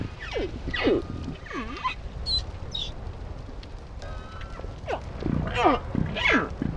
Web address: dradio 2017 04 26 deutschlandfunknova buckelwal 20170426